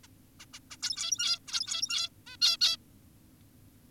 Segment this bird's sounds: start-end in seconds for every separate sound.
0.04-0.08, 0.40-0.46, 0.54-0.60, 0.71-0.77, 0.83-1.39, 1.48-2.09, 2.27-2.37, 2.42-2.57, 2.61-2.77